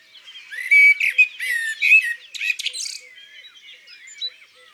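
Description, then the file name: Eurasian magpie calling with rasping, chattering notes in a short burst, with thin twittering of small birds continuing afterwards. Recorded in the countryside. "Pie bavarde Chants doiseaux dans la campagne"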